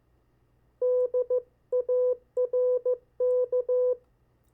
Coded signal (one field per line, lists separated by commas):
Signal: Morse code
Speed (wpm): 15 wpm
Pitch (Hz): 500 Hz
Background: none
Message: DARK